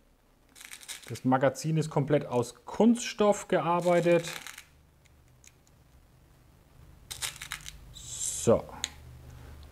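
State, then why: Seated. A plastic rotary pellet magazine is pushed into a Reximex RP air pistol while someone talks. After some soft handling noises, a sharp tick at 8.8 s marks the magazine seating and locking into place.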